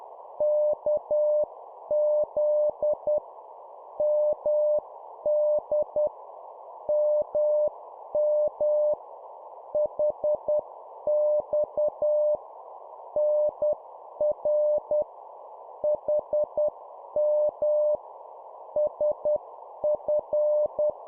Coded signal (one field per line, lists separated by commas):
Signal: Morse code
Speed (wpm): 10 wpm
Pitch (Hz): 600 Hz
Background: none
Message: KZ MD MM HX NR HM SF